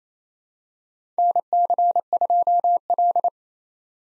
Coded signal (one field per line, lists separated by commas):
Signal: Morse code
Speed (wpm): 29 wpm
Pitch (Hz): 700 Hz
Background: none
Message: NC2L